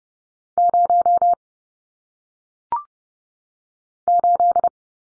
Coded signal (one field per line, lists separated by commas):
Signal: Morse code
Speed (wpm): 30 wpm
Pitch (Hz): 700 Hz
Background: none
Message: 0 8